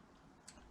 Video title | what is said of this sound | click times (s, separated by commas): GOLF 2 20vt MAINTENANT OPERATIONNELLE | et du coup en fait il clipse bien les les bocal enfin | 0.5 s